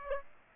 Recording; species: mosquito wingbeat signal from an infrared sensor; Aedes aegypti